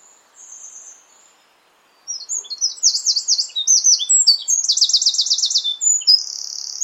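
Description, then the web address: Bird song: a soft high whistle, a short pause, then a rich, fast series of buzzy trills and repeated high notes. "cianscape birddata Deverinetal 2025"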